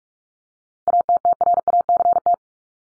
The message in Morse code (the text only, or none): ATTRACT